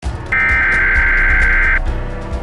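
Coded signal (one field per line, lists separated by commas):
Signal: Emergency Alert System (SAME) tones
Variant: header bursts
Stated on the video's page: Fan-made fictional alert, not a real broadcast.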